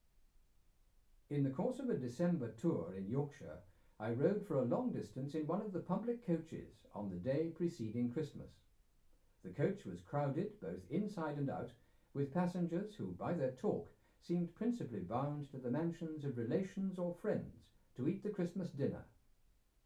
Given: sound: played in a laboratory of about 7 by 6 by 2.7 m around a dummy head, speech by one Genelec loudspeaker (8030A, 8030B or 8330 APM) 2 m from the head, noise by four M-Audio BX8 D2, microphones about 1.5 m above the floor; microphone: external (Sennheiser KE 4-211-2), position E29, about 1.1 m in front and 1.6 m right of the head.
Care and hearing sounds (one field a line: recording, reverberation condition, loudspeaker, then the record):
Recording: male speech in English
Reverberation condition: low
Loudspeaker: 90 degrees to the right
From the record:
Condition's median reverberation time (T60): about 310 ms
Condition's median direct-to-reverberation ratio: about 3.5 dB